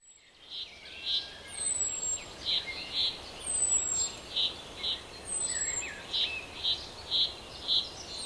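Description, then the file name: Common chaffinch calls: short bright notes given in pairs about half a second apart, with thin high downslurred whistles also heard over a steady background hiss. "Fringilla coelebs"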